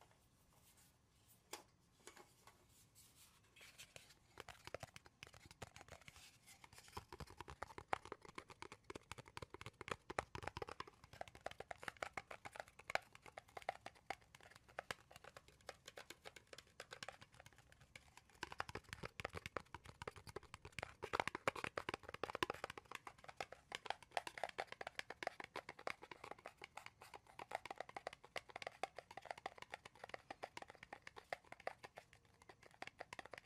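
Tapping and scratching on wood, cork and cardboard, with no talking. Dense, rapid clicks and scrapes build after a quiet opening and run nearly continuously, with busier bursts around 8–12 and 18–23 seconds and a steady faint hum underneath.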